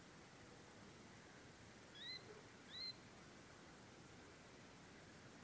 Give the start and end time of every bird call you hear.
1.93s-2.21s: Little Grebe (1.5-4.2 kHz)
2.68s-2.93s: Little Grebe (1.6-4.4 kHz)

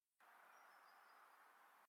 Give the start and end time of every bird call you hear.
0.40s-1.28s: Common Sandpiper (3.9-6.0 kHz)

